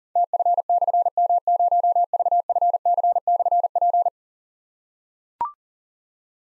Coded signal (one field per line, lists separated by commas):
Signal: Morse code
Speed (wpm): 40 wpm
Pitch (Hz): 700 Hz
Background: none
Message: TF/M0VFC/P